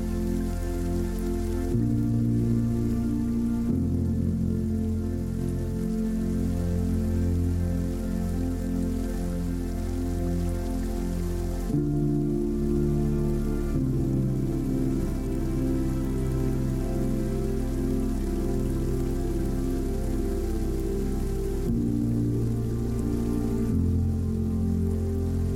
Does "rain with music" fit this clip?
yes